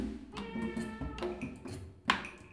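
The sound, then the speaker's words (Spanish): A hungry cat meows three times in a row as it walks, each cry a drawn-out, plaintive wail with a rising, nasal tone, the last one the loudest and sharpest. “gato caminaba, un poco desesperado porque tenía hambre.”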